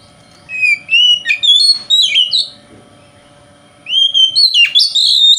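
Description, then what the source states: Oriental magpie-robin song in two bursts of quick whistled notes and sharp slurs, separated by a silent pause of over a second. Kacer singing in the konslet style.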